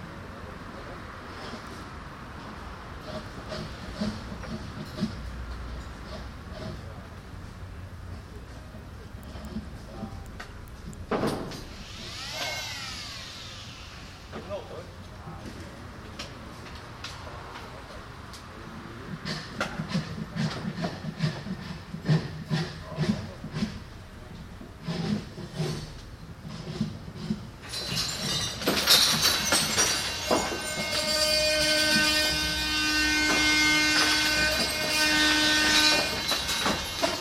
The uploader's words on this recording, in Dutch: Restauratiewerkzaamheden aan de 3e Hogere Burger School aan de Mauritskade in Amsterdam. Restoration work on the 3rd Hogere Burger School (old name for secondary school) at the Mauritskade, Amsterdam.